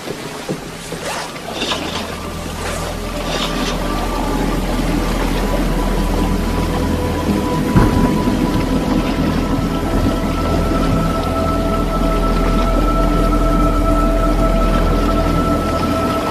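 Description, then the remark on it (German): Heavy rain pours down steadily, a dense hiss across the whole stretch, while low thunder rumbles underneath and a sharper crack breaks through midway. There is no speech. “Wir brauchen Regenmäntel, sonst sind wir die ersten Menschen, die immer Wasser trinken.”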